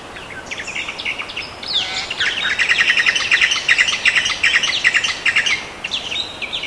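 Bird calls, rapid chirping chatter in quick bursts, swelling into a busy stretch of many notes at mid-high pitch.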